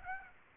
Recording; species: mosquito wingbeat signal from an infrared sensor; Aedes aegypti